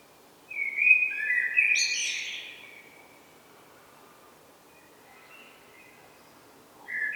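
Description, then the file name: Common blackbird gives a mellow warbled phrase ending in a squeaky high flourish, then a quiet gap with faint notes before another phrase begins at the very end. "Turdus merula"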